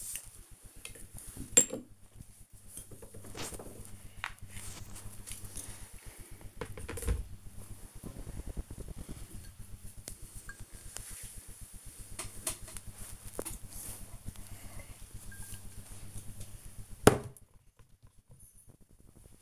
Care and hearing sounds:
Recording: household activities, microphone on the right wrist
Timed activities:
2.13-19.41 s: tidy up the cupboard

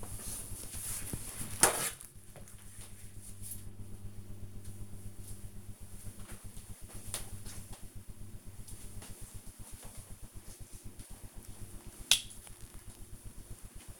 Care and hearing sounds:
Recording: household activities, microphone on the right wrist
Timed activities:
9.16-14.00 s: cream hands

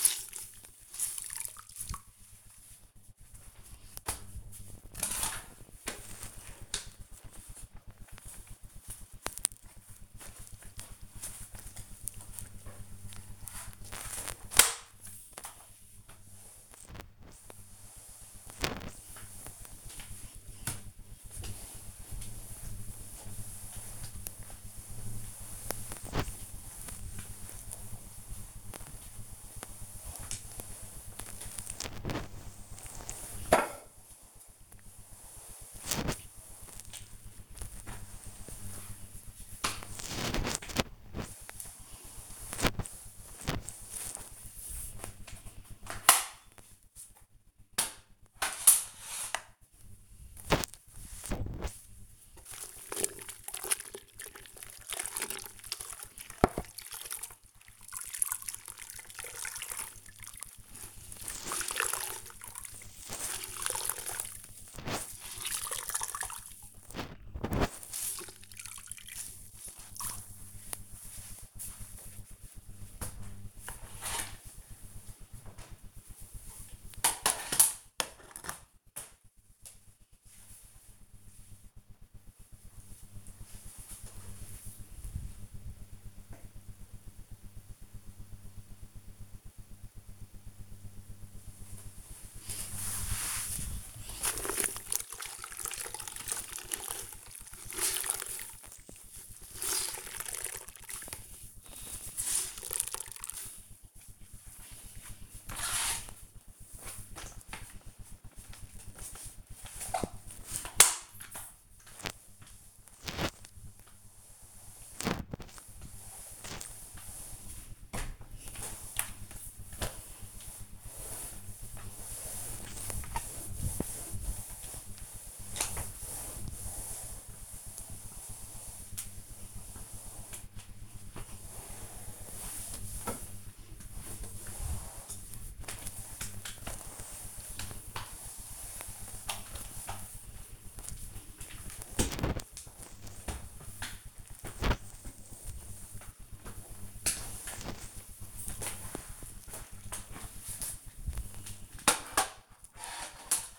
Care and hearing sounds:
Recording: household activities, microphone on the right wrist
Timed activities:
0.00-76.06 s: floor cleaning
91.16-153.59 s: floor cleaning

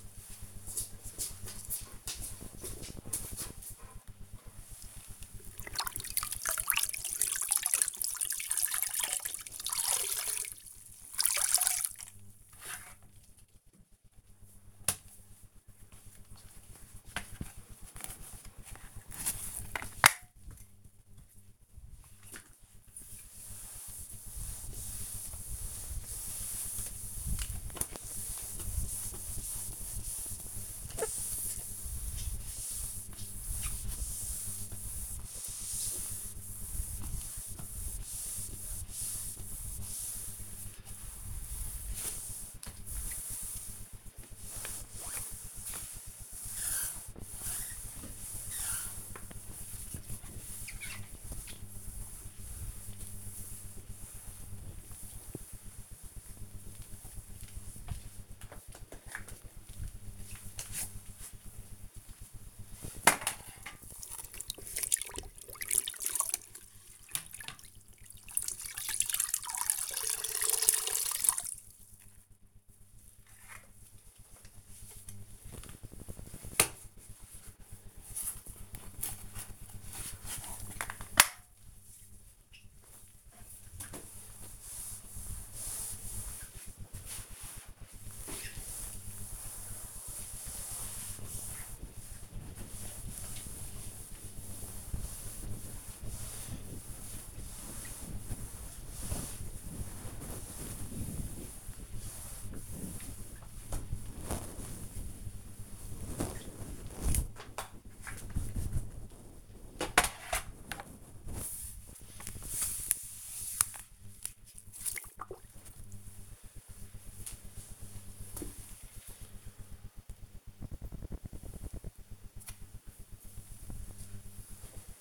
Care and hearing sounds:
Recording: household activities, microphone on the right wrist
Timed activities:
4.32-113.09 s: floor cleaning

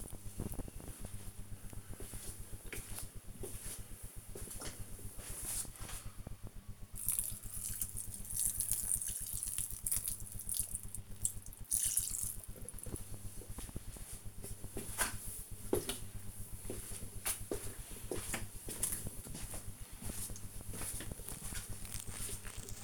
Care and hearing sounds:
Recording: household activities, microphone on the right wrist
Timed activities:
0.00-22.84 s: watering plant

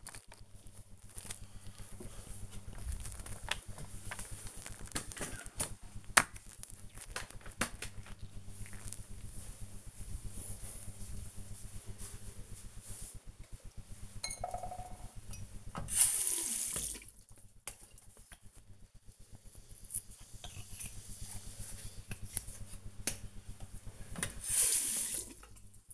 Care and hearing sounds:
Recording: household activities, microphone on the right wrist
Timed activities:
12.84-25.94 s: brushing teeth

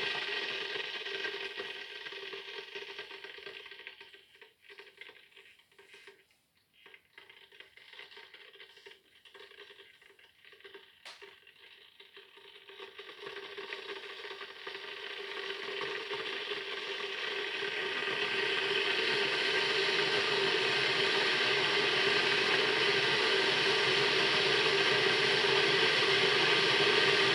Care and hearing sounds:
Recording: household activities, microphone on the right wrist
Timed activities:
0.00-27.35 s: making tea

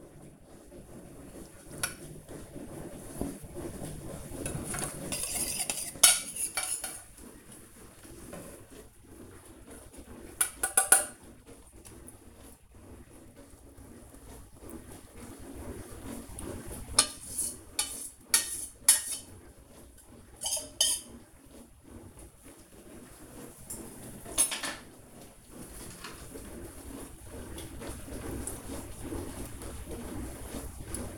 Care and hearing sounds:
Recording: household activities, microphone on the right wrist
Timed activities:
0.00-7.25 s: baking
10.25-31.18 s: baking

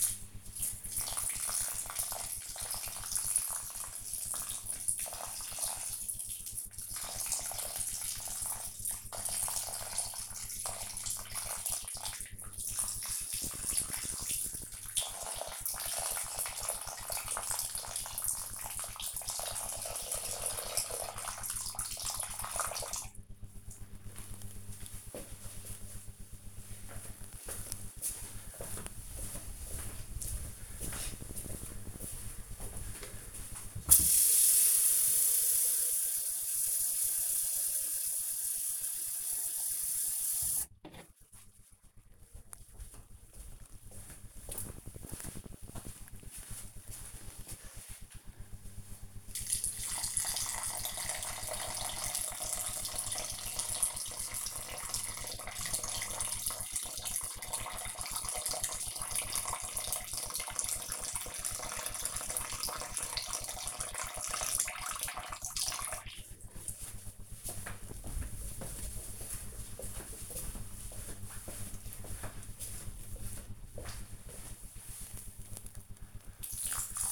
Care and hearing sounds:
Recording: household activities, microphone on the right wrist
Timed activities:
0.00-22.97 s: watering plant
34.04-77.12 s: watering plant

